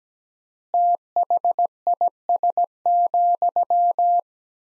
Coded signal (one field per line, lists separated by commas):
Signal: Morse code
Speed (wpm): 17 wpm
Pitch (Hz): 700 Hz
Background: none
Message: THIS,